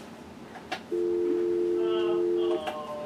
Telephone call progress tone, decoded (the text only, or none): dial tone